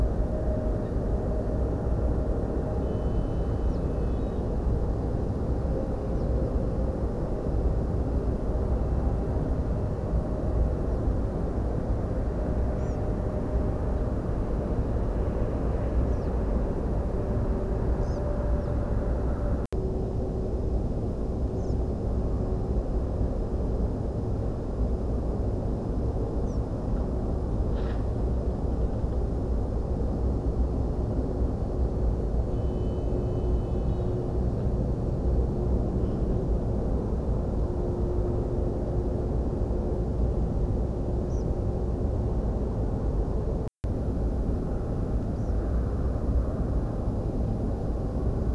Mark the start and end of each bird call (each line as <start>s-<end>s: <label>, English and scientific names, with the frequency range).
3.69s-3.78s: unidentified bird (3.2-6.2 kHz)
6.14s-6.50s: unidentified bird (3.8-6.4 kHz)
10.90s-11.00s: unidentified bird (3.1-6.0 kHz)
12.78s-12.96s: European Pied Flycatcher (Ficedula hypoleuca) (4.5-7.7 kHz)
16.11s-16.29s: unidentified bird (3.6-6.5 kHz)
18.01s-18.19s: European Pied Flycatcher (Ficedula hypoleuca) (3.1-7.5 kHz)
18.58s-18.71s: unidentified bird (3.2-5.9 kHz)
21.57s-21.73s: European Pied Flycatcher (Ficedula hypoleuca) (4.2-7.9 kHz)
26.46s-26.58s: European Pied Flycatcher (Ficedula hypoleuca) (5.2-8.5 kHz)
41.30s-41.43s: Tree Pipit (Anthus trivialis) (4.0-6.5 kHz)
45.36s-45.51s: European Pied Flycatcher (Ficedula hypoleuca) (4.4-7.5 kHz)